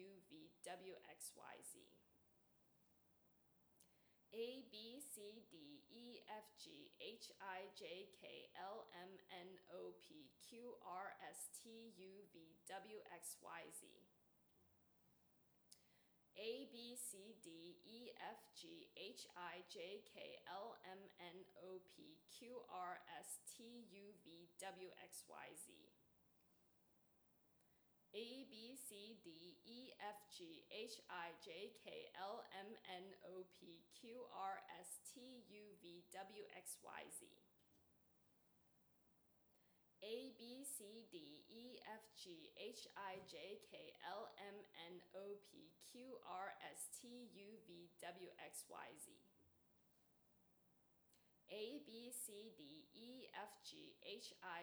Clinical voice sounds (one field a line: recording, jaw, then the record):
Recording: letters of the alphabet, spoken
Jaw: free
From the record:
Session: seven days later